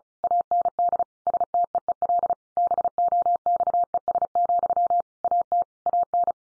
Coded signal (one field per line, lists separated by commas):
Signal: Morse code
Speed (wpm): 34 wpm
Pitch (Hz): 700 Hz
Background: none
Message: AND STEEL BOXES, AT AN